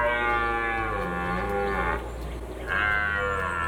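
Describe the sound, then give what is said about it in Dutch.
A red deer stag bellows: a deep, loud, harmonically rich roar that drops off briefly around the middle, then swells again into a second long bellow, with no voices present. “En om in te schatten of de kandidaten het een beetje goed doen, zo klinkt een echt hert.”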